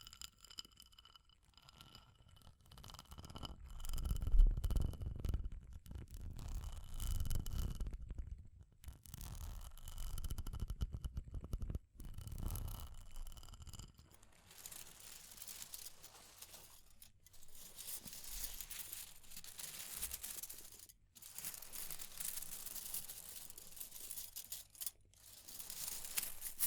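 Scratching and tapping sounds come in dense, irregular bursts. For the first fourteen seconds they carry a heavy low rumble with louder swells around five and eight seconds. After that the texture turns brighter and hissier, with crackly scraping and brief drop-outs near twelve, twenty-one and twenty-five seconds.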